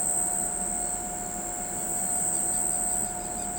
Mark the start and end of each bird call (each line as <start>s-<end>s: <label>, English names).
2.12s-3.59s: Southern Lapwing